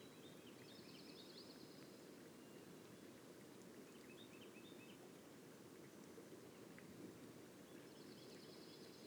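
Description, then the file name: White-throated sparrow song, drawn-out high whistles heard twice, with other faint bird chirps and a steady low rushing background noise. Boreal forest of Haute-Côte-Nord, 29 May 2018. "bruant a gorge blanche foret boreale de la haute cote nord"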